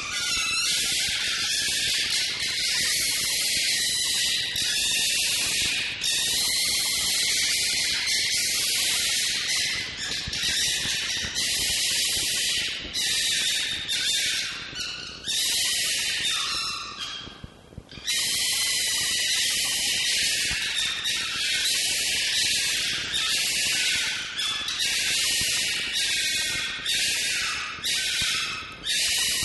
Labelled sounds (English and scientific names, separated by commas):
Red Fox (Vulpes vulpes)